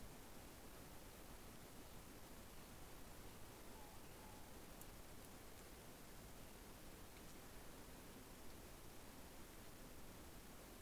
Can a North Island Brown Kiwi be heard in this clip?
no